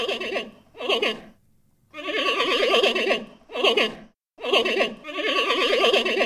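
Giant panda bleating calls: wavering, quavering bursts repeated in uneven bouts with short silent gaps between them.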